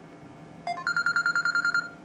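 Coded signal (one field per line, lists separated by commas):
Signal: none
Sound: phone ringtone beeps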